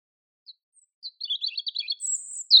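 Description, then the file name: European robin singing a short phrase: a few faint thin notes, then quick twittering warbles and a sharp high whistle at the close. "Erithacus rubecula"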